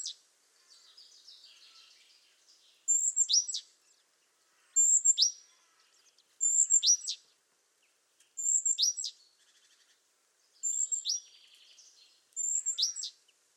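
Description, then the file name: Great tit calls: a high thin whistled note followed by a sharp downward-sweeping stroke, repeated about every two seconds, with faint soft chatter between. "Parus major"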